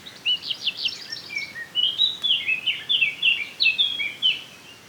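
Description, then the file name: Eurasian blackcap delivering a rapid, varied warble of bright whistled and chattering notes in quick pulses, building into louder fluty phrases from about two seconds, then easing off at the very end. "Sylvia atricapilla"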